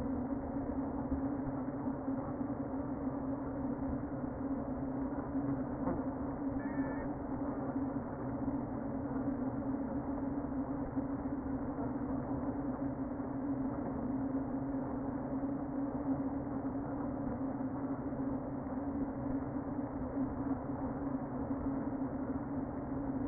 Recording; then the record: honeybee colony, microphone inside the hive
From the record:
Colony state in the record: queen present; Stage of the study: before two queens were removed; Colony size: about 60,000 bees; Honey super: yes